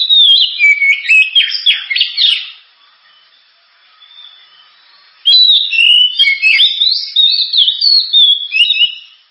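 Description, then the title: Oriental magpie-robin delivering fast, choppy whistled notes in a loud opening burst, a quiet gap, then another long, lively run of varied warbles. Sharp, very loud 'gacor' (constantly singing) kacer song, suited as 'pancingan', a lure to prompt other birds to sing. "Kacer Gacor Suara Tajam. Kacer Gacor Suara Super Kenceng Cocok untuk Pancingan"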